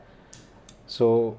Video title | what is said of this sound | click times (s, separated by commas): How to Change Wiper Blades on a Fiat Punto | push this in and then you'll hear that clicking sound again | 0.3 s, 0.7 s